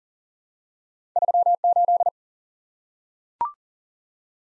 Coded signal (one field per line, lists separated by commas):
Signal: Morse code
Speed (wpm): 40 wpm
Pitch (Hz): 700 Hz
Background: none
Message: 3 8